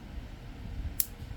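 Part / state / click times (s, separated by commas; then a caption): pistol hammer engaging the half-cock notch / seated / 1.0 s. The steel hammer of a small Beretta 3032 Tomcat pistol is drawn back until it catches in the half-cock notch, which keeps the hammer off the firing pin for safer carry. Against a low, steady background rumble, a single sharp, bright click is heard at 1.0 s. The hammer seats at half-cock.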